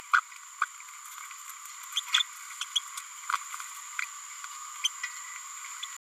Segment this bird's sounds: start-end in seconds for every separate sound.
0.13-0.20, 0.61-0.65, 1.96-2.00, 2.13-2.23, 2.61-2.65, 2.75-2.79, 4.02-4.05, 4.83-4.89